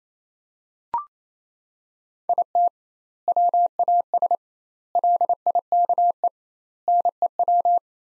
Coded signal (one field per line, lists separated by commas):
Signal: Morse code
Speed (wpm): 28 wpm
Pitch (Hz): 700 Hz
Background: none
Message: IT WAS LIKE NEW